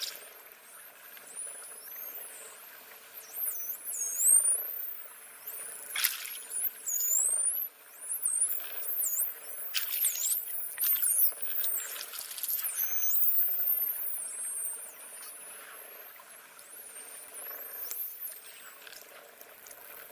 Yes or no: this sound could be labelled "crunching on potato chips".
no